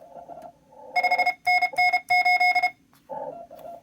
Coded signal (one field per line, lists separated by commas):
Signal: Morse code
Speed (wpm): 32 wpm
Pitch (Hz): 2150 Hz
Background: none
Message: 5NN8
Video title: IARU Contest - CW Practice!